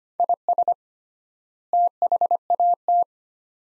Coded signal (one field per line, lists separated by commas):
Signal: Morse code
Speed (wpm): 25 wpm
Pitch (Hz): 700 Hz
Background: none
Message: IS THAT